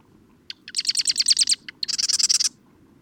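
Bird song, a quick series of high, sharp chirped notes followed by a dense, rapid trill, about two seconds long.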